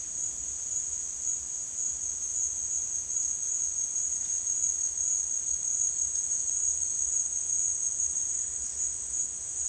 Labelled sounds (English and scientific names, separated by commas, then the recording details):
none
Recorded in dense forest near Puerto Asís, Putumayo, Colombia, on 29 June 2025 at 12:00
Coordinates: 0.466, -76.327
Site GP04